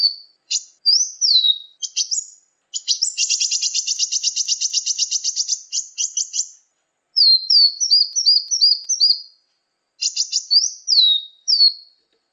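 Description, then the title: Sunbird chirping: high thin downslurred chirps, then a long rapid ticking trill for about four seconds, followed by more quick slurred notes and short buzzy bursts. "kicau kolibri"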